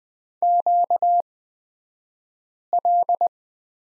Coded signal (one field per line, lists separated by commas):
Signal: Morse code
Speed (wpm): 20 wpm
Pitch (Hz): 700 Hz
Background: none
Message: QL